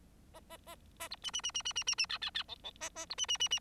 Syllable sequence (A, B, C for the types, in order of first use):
A A A A B C C C C C C C C D D D E E A A B C C C C